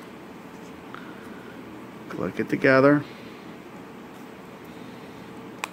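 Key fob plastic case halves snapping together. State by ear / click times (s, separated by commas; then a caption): seated / 5.6 s. Someone talks briefly while the two plastic halves of a Chrysler key fob case are pressed back together after the coin battery is replaced. A sharp snap is heard at 5.6 s as the case halves seat together.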